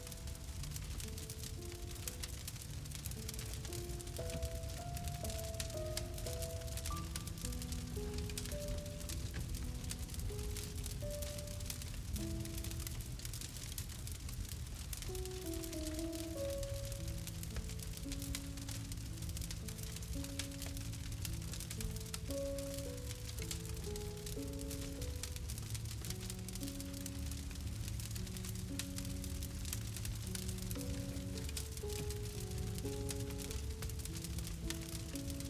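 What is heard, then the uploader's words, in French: A fireplace crackles steadily with dense, bright pops throughout, beneath slow, gentle music of soft sustained low notes and drifting mid-range melody. Le doux crépitement d'une cheminée, accompagné d'une musique relaxante.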